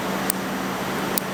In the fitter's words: the call it so that it clicks into place and